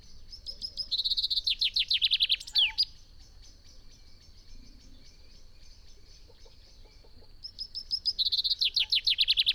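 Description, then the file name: Common chaffinch giving a song, a rattling run of falling notes closing with a flourish, then starting a second song that is cut off at the end. A thin, steady high tone fills the pause between them. "Fringilla coelebs"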